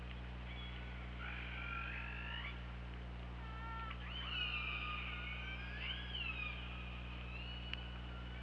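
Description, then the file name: Killer whale calls underwater, layered pulsed calls and long bending high whistles, several overlapping, over a steady low hum. OrcaLab hydrophone, 24 August 2017, 23:32:49. "Orca Lab UTLN JASON 20170824 233249"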